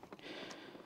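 A new SRS airbag system electrical connector is pre-connected by hand to its wiring harness plug before mounting. Short handling ticks at 0.0, 0.1 and 0.2 s are followed by a steady low rustle. The clip ends before the connector goes home, and nothing has seated or clicked yet.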